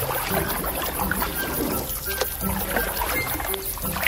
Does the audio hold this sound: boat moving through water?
yes